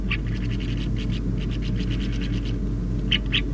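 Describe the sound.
Xanthippus grasshopper: a rapid series of dry, scratchy pulses in an even train lasting about two and a half seconds, then two louder clicks, over a steady low hum.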